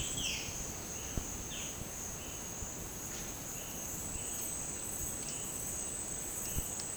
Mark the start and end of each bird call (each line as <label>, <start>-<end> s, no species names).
bird call, 0.00-0.55 s
bird call, 1.39-1.71 s